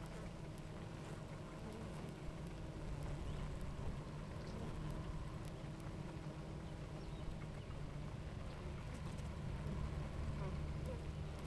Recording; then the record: honeybee colony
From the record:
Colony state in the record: active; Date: 28 July 2017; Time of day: 10:17